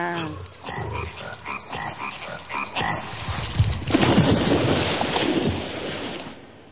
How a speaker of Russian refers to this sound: Но хуже всех пришлось Гусле и Тюбику, личностям особо артистичным. На них лягушачье кваканье произвело совсем удручающее впечатление.